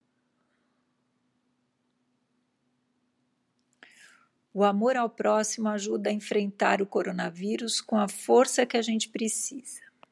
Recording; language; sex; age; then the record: spoken sentence; Brazilian Portuguese; female; 50 to 59 years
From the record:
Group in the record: control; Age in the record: 54 years